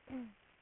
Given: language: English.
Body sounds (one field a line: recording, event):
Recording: throat vibration sensor signal played as sound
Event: throat clearing